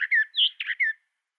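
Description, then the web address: Western Orphean Warbler song phrase: a single one-second run of slurred, rich whistled notes. "Schulze Peter Western Orphean Warbler song"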